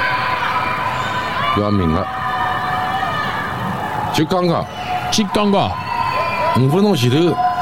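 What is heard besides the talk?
crowd shouting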